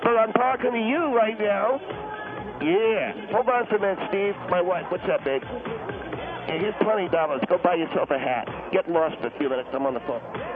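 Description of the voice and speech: Acted adult male phone speech with slurred, distorted consonants, mimicking a pronounced speech impediment from loss of part of the tongue; the impediment worsens when he cannot hear himself.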